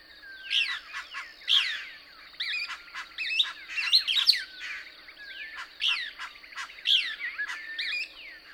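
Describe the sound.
Couch's Kingbird song: dense, excited twittering in irregular bursts with occasional longer whistled slurs, and a constant shrill insect-like tone.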